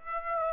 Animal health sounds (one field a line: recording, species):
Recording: mosquito wingbeat signal from an infrared sensor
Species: Aedes aegypti